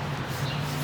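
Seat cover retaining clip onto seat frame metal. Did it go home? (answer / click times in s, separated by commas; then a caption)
no / none. A plastic seat cover retaining clip is being pressed onto the metal frame on the back of a flipped-over front seat from a 2005–2010 Jeep Grand Cherokee or Commander during seat cover replacement. Only a steady low hum with faint broadband handling noise is heard, with no sharp transients. Nothing has clicked or seated yet.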